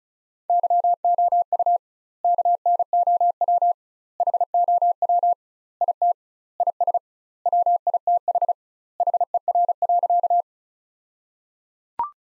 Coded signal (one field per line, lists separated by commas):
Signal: Morse code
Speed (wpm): 36 wpm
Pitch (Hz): 700 Hz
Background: none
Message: YOU KNOW HOW IT IS WITH HER.